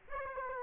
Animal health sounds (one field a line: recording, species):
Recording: mosquito wingbeat signal from an infrared sensor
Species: Aedes aegypti